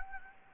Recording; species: mosquito wingbeat signal from an infrared sensor; Anopheles gambiae